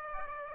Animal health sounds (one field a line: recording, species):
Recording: mosquito wingbeat signal from an infrared sensor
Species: Aedes aegypti